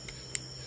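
A secondary plastic lock on a wiring connector, part of a flex fuel harness being built for a 2015 Subaru STi, is pushed forward. A faint tick at 0.1 s is followed by a sharp, bright snap at 0.4 s as the extra lock snaps into place. The connector lock is seated.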